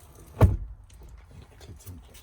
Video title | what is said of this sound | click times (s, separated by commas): Zefiro 675 - Before Driving Checks | grab hold of the mirror pull it back out until it clicks so | 0.4 s